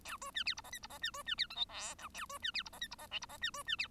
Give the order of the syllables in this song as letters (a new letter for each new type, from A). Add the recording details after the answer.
A B C D E F G E F C B C D H I J K A B C D E F G E F L E F C B C D. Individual Bird1